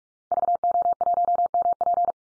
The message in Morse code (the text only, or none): VO1MP